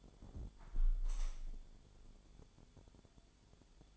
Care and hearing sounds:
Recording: daily activity, microphone in the room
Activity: close window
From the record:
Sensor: 5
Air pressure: 1015.0 hPa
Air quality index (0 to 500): 101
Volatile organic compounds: 2 ppm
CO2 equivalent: 1083 ppm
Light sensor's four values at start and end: 35/81/32/31 and 35/81/32/31

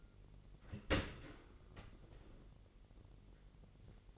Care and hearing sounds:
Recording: daily activity, microphone in the room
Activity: open dishwasher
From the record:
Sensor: 4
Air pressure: 999.1 hPa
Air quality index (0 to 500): 122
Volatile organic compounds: 2 ppm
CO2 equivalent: 1200 ppm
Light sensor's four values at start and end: 7/18/7/8 and 8/19/7/8

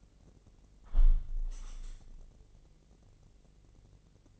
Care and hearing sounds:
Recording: daily activity, microphone in the room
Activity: close window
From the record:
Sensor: 4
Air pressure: 1013.2 hPa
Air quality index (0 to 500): 173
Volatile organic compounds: 2 ppm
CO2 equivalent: 1090 ppm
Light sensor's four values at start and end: 63/157/65/68 and 67/167/69/71

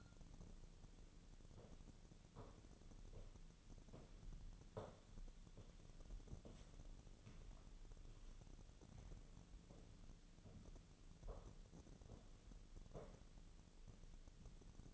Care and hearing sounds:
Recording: daily activity, microphone in the room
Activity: walk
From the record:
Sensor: 4

